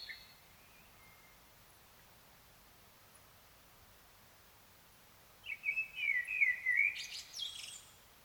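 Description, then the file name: Common blackbird with a single song phrase late: rich, fluty low warbling followed by a brief squeaky high-pitched twitter, preceded by near silence. "Turdus merula"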